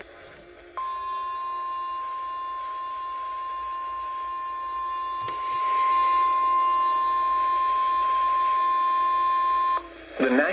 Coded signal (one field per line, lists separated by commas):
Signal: Emergency Alert System (SAME) tones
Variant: 1050 Hz attention tone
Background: speech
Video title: CRAZANITY VII: WET SUNDAY. EAS Alerts from 7/9/23 (EAS #1,177-1,205)